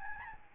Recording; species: mosquito wingbeat signal from an infrared sensor; Aedes albopictus